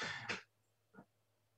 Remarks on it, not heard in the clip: Most kids are snotty and snuffly, and a lot of them have big, large tonsils, and you'll hear that noise. And that's okay, because that's just snot up in the upper airways.